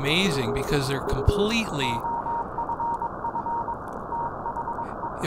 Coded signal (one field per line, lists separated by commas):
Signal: Morse code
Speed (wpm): 23 wpm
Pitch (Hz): 930 Hz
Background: speech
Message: OFF THE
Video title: SdrGlut views CW signals on 80 meters